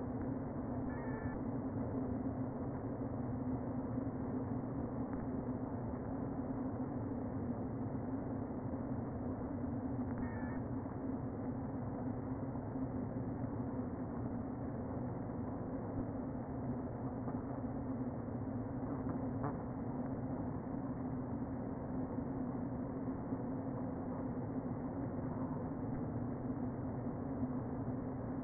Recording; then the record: honeybee colony, microphone inside the hive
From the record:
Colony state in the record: queen present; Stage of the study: before two queens were removed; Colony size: about 60,000 bees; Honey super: yes